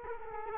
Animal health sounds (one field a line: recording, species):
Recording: mosquito wingbeat signal from an infrared sensor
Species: Culex quinquefasciatus